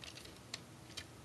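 A plastic action figure part is flipped and twisted against its body joint, giving light plastic ticks and rattles, with sharper taps near 0.5 s and 1.0 s. The part has not yet seated or clicked into place.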